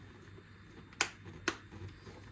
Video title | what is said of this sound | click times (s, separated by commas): How to install a Sena SRL3 into a Shoei Neotec 3 helmet | You'll hear it click. | 1.0 s, 1.5 s